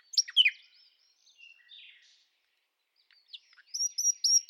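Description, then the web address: Bird song made of scattered sharp chirps and short buzzy notes, a quiet gap, then a quick series of bright, high, repeated whistled notes. "Bird Only"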